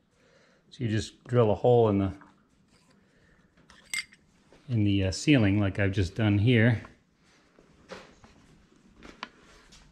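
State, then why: Seated. Someone talks while a small LED down light fixture is pushed up into a hole drilled in the plywood ceiling of a teardrop camper, with a few brief taps around 3.9 s and 8.2 s. At 9.2 s its retaining clips give a sharp click as the fixture snaps into place, seated in the ceiling hole.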